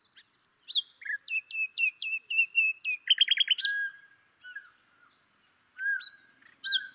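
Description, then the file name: Common nightingale song: rapid series of sharp high notes, then a loud fast trill and whistled phrases, with pauses between bursts; no other sounds. "Luscinia megarhynchos"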